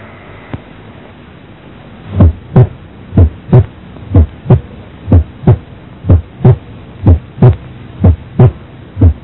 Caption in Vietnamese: Ở người bình thường khi hít sâu, ta có thể nghe T2 tách đôi sinh lý ở ổ nghe van động mạch phổi.